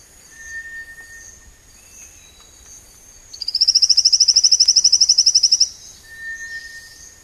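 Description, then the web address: Marchesi's poison frog call: a rapid trill of many high, even pulses lasting about two seconds, over faint background sounds. Frog from the Ecuadorian Amazon, South America. "Frogs of Ecuadorian Amazon Colostethus marchesianus"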